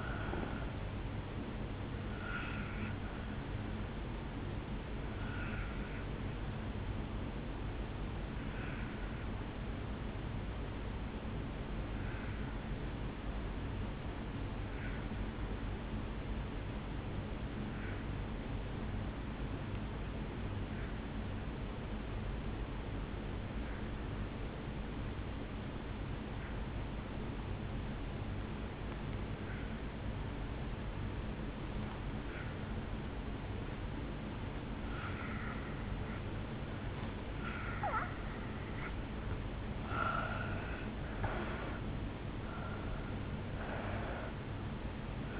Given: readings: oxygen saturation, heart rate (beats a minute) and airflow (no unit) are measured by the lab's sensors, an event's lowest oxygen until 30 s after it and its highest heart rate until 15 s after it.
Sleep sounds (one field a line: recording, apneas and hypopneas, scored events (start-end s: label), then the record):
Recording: breathing in sleep by a voice recorder at the bedside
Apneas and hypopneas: 1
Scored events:
5.00-37.80 s: obstructive apnea (N1, oxygen 97% highest, then 83% lowest, heart rate 56 at the start, 73 highest)
10.00-45.40 s: new sleep stage, N2 (light sleep)
From the record:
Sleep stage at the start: N1 (lightest sleep)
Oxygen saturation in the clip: 82 to 97%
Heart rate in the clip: 51 to 72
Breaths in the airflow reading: 4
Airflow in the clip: -12.1 to 5.2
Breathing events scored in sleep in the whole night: 449 in 7.0 hours asleep